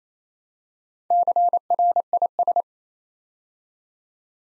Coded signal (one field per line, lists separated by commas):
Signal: Morse code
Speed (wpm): 28 wpm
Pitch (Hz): 700 Hz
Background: none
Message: CRIS